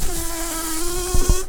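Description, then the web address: Brown-banded carder bee buzzing with a steady, droning hum rich in overtones, with two short knocks near the end. Queens. "Humilis queens"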